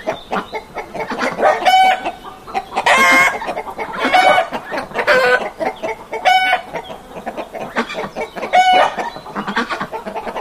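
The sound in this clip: Chickens clucking and squawking, with repeated harsh, stacked calls throughout.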